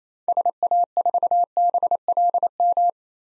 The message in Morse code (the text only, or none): SA4BLM